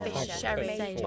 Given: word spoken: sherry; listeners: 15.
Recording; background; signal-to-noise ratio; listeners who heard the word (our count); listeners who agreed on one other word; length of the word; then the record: one English word in noise, from a listening test; four-talker babble; -1.1 dB; 1 of 15; 9 of 15; 0.67 s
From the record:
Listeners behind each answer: 9, 2, 1, 1, 1, 1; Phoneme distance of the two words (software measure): 31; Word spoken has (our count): 2 syllables, 4 phonemes, stress on syllable 1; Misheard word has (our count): 2 syllables, 5 phonemes, stress on syllable 1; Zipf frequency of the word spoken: 3.73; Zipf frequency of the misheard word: 3.75